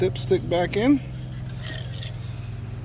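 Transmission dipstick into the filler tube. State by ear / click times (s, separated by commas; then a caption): not seated / none. Someone talks as the transmission dipstick of a Nissan CVT transmission is put back into its filler tube and pushed in, over a steady low hum. A faint scrape and a few soft taps follow, but the dipstick has not popped into place or seated yet.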